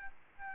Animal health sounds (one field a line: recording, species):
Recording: mosquito wingbeat signal from an infrared sensor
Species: Aedes albopictus